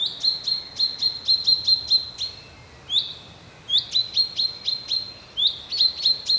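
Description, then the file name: Common chaffinch calling in rapid runs of bright, sharp notes, broken by short pauses. "Fringilla coelebs"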